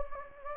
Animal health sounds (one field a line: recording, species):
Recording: mosquito wingbeat signal from an infrared sensor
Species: Anopheles gambiae